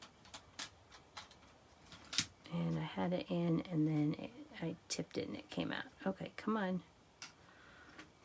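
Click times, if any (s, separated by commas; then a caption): 7.2 s. A plastic insert piece is pushed into its holder on a craft embossing folder/die tool until it hitches into place and sits in its lip. Someone talks over scattered light taps and handling sounds. A single sharp click at 7.2 s marks the insert seating.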